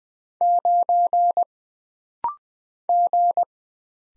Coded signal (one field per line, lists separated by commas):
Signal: Morse code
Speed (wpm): 20 wpm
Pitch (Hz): 700 Hz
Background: none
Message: 9 G